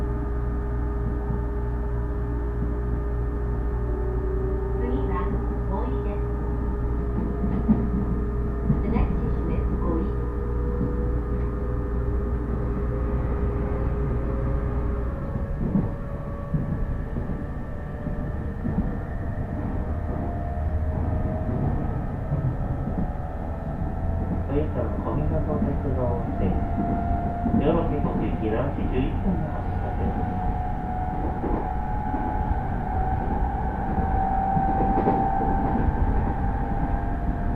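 Inside a rapid train on a coastal line, a steady low rumble fills the car as it runs at an even loudness. Motor whines glide slowly upward in pitch, the low drone shifts around fifteen seconds, and brief voices surface now and then.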